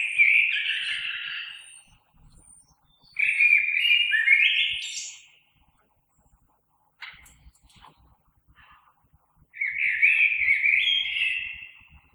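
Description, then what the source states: Common blackbird song: three fluty warbled phrases separated by pauses, the middle one ending in a high twitter, with a few faint clicks in between. Recorded on 3 March 2020.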